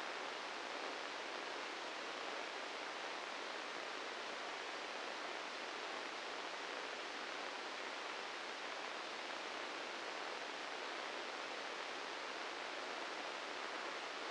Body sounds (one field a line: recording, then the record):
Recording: brain microelectrode recording played as sound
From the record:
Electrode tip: inside the subthalamic nucleus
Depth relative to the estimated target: 0 mm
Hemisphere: right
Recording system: NeuroSet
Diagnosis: Parkinson's disease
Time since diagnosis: 10 years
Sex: male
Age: 56 years